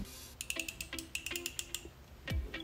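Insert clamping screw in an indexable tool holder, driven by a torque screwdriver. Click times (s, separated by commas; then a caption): 0.5 s, 0.6 s, 1.1 s, 1.5 s, 1.6 s, 1.8 s. A T15 torque screwdriver tightens the steel clamping screw of a carbide insert in an indexable tool holder until it will not turn further. The driver then ratchets with sharp metallic clicks at 0.5, 0.6, 1.2, 1.5, 1.6 and 1.8 seconds, which signal that the right torque has been reached.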